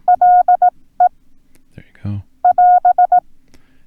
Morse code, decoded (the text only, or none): LE <AS>